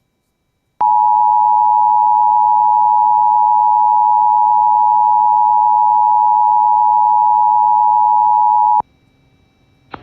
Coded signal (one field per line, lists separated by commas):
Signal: Emergency Alert System (SAME) tones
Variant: 853 and 960 Hz attention tone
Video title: Severe Thunderstorm Warning EAS#167